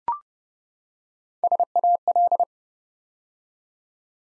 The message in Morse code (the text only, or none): SAL